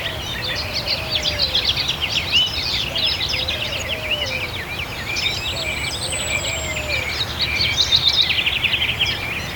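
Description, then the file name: Birds singing in a dense chorus of high chirps and trills, with a long thin whistle near the middle and soft lower warbling notes throughout, over steady background noise. "Pet Rock Birds"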